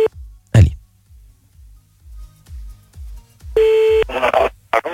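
A phone call being dialed: a steady dial tone hum, short electronic keypad bursts and a longer bright tone, over a regular low thumping pulse.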